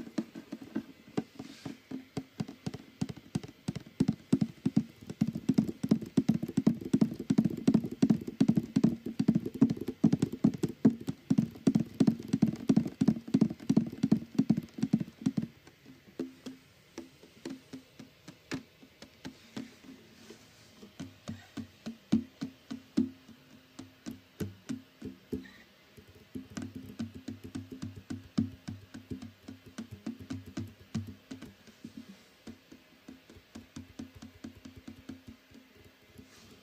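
Fast, regular tapping on a guitar rings with low string tones, loudest and densest for the first fifteen seconds, then sparser and quieter afterward.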